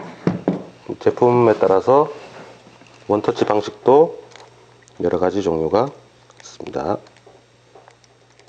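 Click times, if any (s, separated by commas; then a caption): none. A jigsaw blade is handled at a different jigsaw's one-touch blade holder, with someone talking throughout and a few short taps and knocks at about 0.3, 0.5, 0.9, 2.9, 7.9 and 8.0 seconds. The blade has not seated or clicked into the holder yet.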